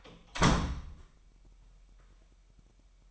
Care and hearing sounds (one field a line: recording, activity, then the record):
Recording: daily activity, microphone in the room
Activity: close door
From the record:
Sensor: 1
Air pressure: 998.5 hPa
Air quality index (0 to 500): 131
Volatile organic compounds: 4 ppm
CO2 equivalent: 1571 ppm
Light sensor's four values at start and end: 19/63/25/26 and 19/63/25/26